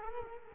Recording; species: mosquito wingbeat signal from an infrared sensor; Culex quinquefasciatus